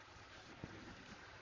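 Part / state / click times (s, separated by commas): unspecified part (possibly sensor or clip) into its mount on a car / not seated / none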